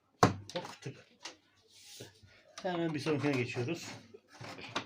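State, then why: Seated. A shelf piece for a toy-car display rack is pressed firmly onto the larger base part and clicks into place with a sharp snap at 0.2 s, seating it. A few smaller knocks follow, and someone talks.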